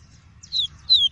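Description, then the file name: Double-collared seedeater song: two clear, whistled notes sliding downward, the second a little longer, over a faint low hum. Song of the "tui-tui" variety. "canto do papa capim tui tui"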